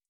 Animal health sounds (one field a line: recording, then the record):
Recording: hydrophone in a shrimp aquaculture tank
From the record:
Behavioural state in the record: feeding